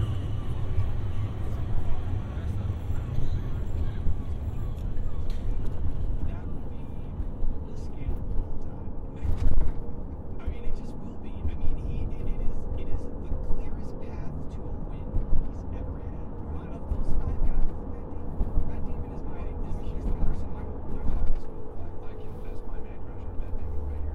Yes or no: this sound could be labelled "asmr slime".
no